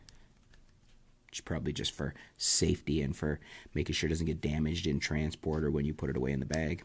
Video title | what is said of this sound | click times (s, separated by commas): Canon Digital Cameras Review | got looks like we've got an effect there we go a little lock on there for when it could come when you close it down it locks into place | 0.1 s